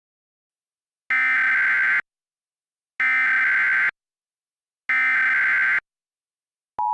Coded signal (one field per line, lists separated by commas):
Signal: Emergency Alert System (SAME) tones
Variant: header bursts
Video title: Objects Arise - A BFDI EAS Scenario (PART 1)